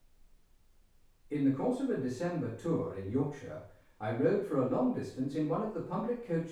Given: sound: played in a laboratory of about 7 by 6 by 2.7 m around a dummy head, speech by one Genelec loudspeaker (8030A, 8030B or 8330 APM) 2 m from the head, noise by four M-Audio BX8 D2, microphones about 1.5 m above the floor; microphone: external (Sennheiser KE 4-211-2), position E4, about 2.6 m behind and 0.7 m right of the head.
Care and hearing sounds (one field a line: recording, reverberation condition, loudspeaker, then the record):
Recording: male speech in English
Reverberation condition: medium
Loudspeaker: 90 degrees to the right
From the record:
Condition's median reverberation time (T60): about 510 ms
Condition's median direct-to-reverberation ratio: about -0.5 dB